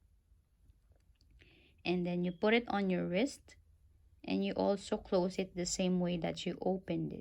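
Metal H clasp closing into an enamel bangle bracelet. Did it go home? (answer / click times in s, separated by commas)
no / none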